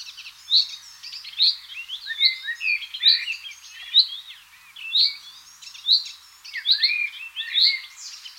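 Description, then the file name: Common chaffinch repeating clipped high calls amid busy overlapping twitters and chirps. "Fringilla coelebs"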